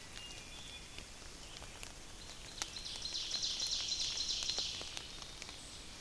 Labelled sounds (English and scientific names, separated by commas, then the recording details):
Ovenbird (Seiurus aurocapilla) song
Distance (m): 80 m
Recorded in boreal forest in Alberta, Canada, on 29 May 2016 at 05:48
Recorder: SongMeter 3, array SBT-3-49
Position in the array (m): 136 m, 201 m
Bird 14